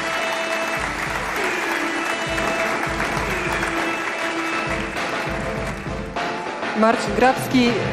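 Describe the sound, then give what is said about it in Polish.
An audience applauds steadily at the 2018 Fryderyk music awards as a publisher from Asphalt Records accepts an award, a dense, even wash of clapping that holds for several seconds, with faint music and murmuring voices underneath and a few louder bursts toward the end. “Wielkie brawa.”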